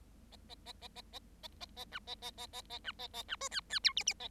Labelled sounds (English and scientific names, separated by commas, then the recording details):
Bengalese Finch (Lonchura striata domestica) song
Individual Bird7